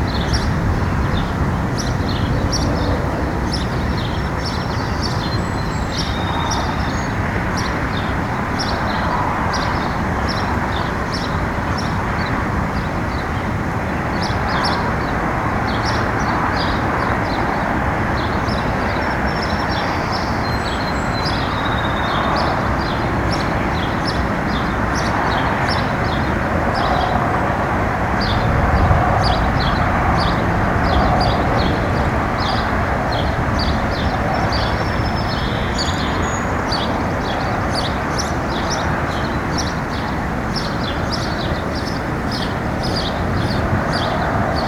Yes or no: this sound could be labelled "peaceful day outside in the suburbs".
yes